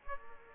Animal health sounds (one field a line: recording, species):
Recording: mosquito wingbeat signal from an infrared sensor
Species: Aedes aegypti